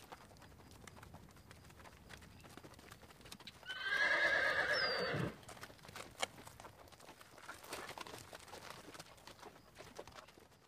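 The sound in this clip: Horse whinny: a single loud, quavering neigh lasting over a second, with soft rustling and light hoof sounds before and after.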